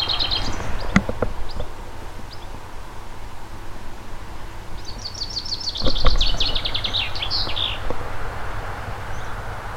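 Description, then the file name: Common chaffinch song: a brief high note at the start, then a full phrase of quick descending notes ending in a flourish, over steady low background rumble. "Fringilla coelebs"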